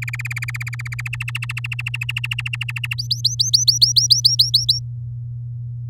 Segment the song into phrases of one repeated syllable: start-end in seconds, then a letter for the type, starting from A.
0.02-1.08 A, 1.13-2.94 B, 2.98-4.79 C